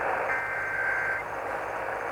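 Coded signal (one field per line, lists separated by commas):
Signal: Emergency Alert System (SAME) tones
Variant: header bursts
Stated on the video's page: Required Monthly Test tones received from Nashville AM broadcast stations on 650 kHz and 1510 kHz.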